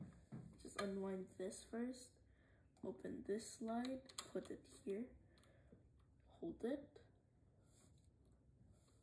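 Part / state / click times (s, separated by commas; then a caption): bobbin into sewing machine bobbin holder / not seated / none. A bobbin is handled at a sewing machine's bobbin holder: it is unwound, the slide cover is opened, and the bobbin is put in place and held while someone talks, with faint handling taps between the words. The bobbin has not clicked into its holder yet, so nothing has seated by the end of the clip.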